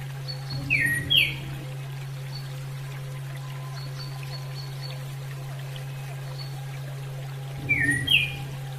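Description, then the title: Bird chirps in two short bursts, a quick run of sharp sliding notes near the start and another near the end, over a steady low hum. "SuaraBurung Kicau"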